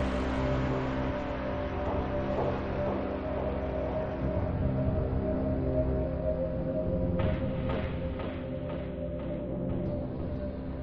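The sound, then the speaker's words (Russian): The powerful engine of a combat vehicle driving through city streets drones steadily at a low pitch, its deep hum unchanging throughout, with a brief rattle of clicking mechanical noise near the end. “Мощный двигатель боевой машины монотонно гудел, и расположившийся в просторной восьмиместной кабине первый «Центурион» периодически бросал взгляды на проплывающие за бронестеклом улицы города.”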